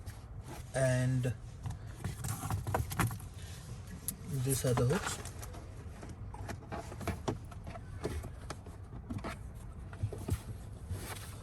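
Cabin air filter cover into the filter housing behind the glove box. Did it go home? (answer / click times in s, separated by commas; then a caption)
no / none. Someone talks while handling the plastic cabin air filter cover of a Hyundai Elantra, sliding it back toward the filter housing behind the glove box with its hooks, producing brief sharp plastic knocks and scrapes. Nothing has seated or clicked home yet; the clip ends just before the cover goes in.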